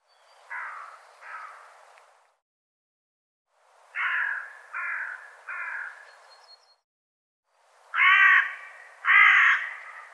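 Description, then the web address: Bird giving harsh, cawing calls in three bursts: a pair, a trio, then two louder, rougher calls, with quiet gaps between. "cianscape birddata"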